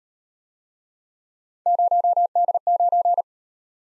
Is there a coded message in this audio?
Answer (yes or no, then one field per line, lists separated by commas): yes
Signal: Morse code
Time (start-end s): 1.7-3.2 s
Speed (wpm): 38 wpm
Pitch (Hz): 700 Hz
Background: none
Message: 0D9